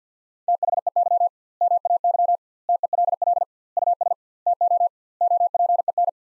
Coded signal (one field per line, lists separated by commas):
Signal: Morse code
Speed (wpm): 47 wpm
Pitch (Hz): 700 Hz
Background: none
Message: THEY MAY TELL US TO OPEN